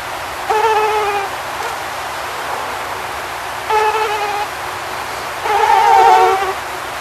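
Mosquito whine in three separate passes, each a short high droning buzz rising and falling in loudness, with quiet gaps between them.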